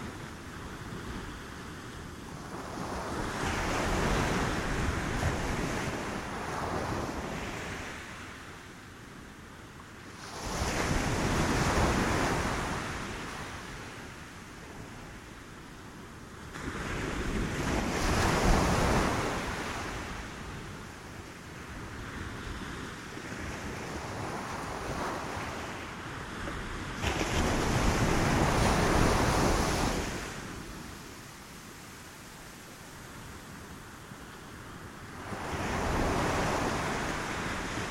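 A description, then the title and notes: Ocean waves roll in and wash out in a slow, regular cycle, each surge building to a full rushing swell roughly every eight to ten seconds before easing back. The sound is dense and hissing, with a constant low murmur of surf between breaks. Meditative Ocean Waves. The steady sound of ocean waves.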